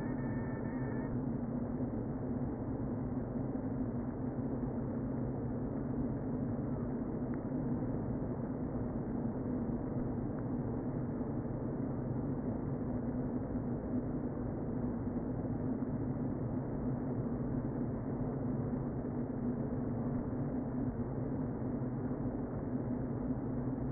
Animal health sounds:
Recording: honeybee colony, microphone inside the hive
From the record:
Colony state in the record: queen present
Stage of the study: before two queens were removed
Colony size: about 60,000 bees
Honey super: yes

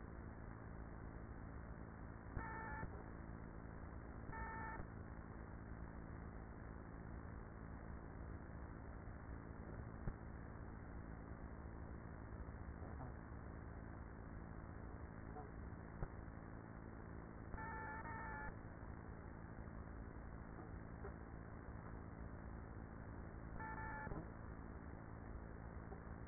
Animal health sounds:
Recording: honeybee colony, microphone inside the hive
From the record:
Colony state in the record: queenless with a low population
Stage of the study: after two queens were removed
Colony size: about 30,000 bees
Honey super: no

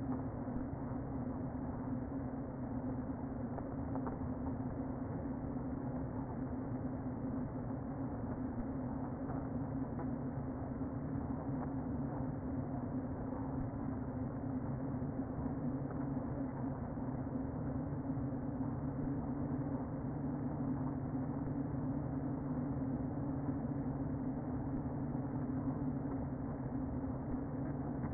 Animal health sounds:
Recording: honeybee colony, microphone inside the hive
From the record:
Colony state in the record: queen present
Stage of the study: before two queens were removed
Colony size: about 60,000 bees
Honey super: yes

